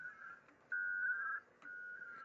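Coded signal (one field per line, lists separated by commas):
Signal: HF data modem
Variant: WINMOR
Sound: three short warbling data tone bursts around 1.5 kHz, separated by clicks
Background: low background hum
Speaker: you can see the indicator here is it transmits gives us a level of how good a signal we're actually putting it out over the air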